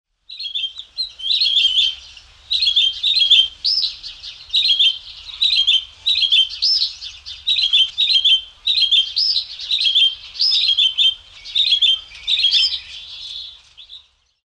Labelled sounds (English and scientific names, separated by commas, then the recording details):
Azure Tit (Cyanistes cyanus)
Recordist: Tembrock, Günter
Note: Gesang